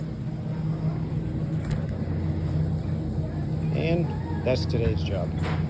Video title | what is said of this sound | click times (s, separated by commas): Using a tool I designed to change door closer on a Hussmann Impact Door | snaps right in there | 1.7 s